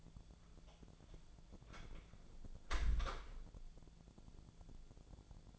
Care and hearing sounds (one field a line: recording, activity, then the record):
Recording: daily activity, microphone in the room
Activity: close door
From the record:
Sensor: 5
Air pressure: 1000.5 hPa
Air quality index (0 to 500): 152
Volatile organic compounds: 2 ppm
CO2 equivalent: 1168 ppm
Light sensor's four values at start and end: 48/113/47/50 and 48/113/47/50